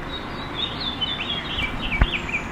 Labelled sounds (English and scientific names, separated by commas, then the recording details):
House Finch (Haemorhous mexicanus) song
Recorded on Long Island, New York, on 5 June 2011
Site MA
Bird A